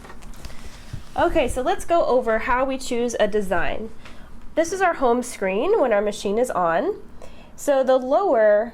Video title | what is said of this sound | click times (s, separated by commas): SINGER® SUPERB™ EM200 Owner's Class - Selecting & Stitching a Design | and you want to make sure you slide it in until it snaps into place so that the machine knows that it's connected | 0.5 s